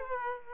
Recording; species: mosquito wingbeat signal from an infrared sensor; Aedes aegypti